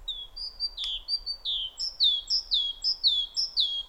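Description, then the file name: Great tit song, loud repeated two-note phrases, a high note dropping into a lower whistle, about two per second after a few introductory notes. "Parus major"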